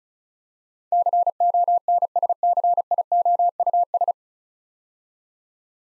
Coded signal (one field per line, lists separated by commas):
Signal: Morse code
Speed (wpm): 36 wpm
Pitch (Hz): 700 Hz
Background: none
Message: CONSCIOUS